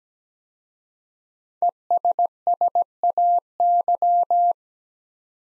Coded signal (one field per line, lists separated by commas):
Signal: Morse code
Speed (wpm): 17 wpm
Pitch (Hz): 700 Hz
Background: none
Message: ESSAY